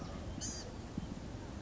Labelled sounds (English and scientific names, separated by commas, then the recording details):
Blue-gray Gnatcatcher (Polioptila caerulea)
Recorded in Sonoma County, California